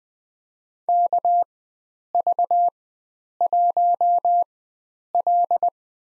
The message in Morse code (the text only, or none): KV1L